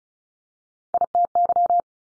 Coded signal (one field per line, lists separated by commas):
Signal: Morse code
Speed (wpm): 36 wpm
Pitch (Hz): 700 Hz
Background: none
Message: ITY